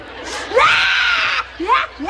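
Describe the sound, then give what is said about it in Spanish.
A girl cries loudly because the holidays are over: one long, high, strained wail that rises and holds, then breaks off into two short upward-sliding sobs. “¿Y por eso estás llorando, mija?”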